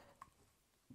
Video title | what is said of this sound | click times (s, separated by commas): Marvel Legends Cannonball X-Men X-Force Wendigo BAF Wave Action Figure Review | cannonball will just sit on top and it does click in place | 0.2 s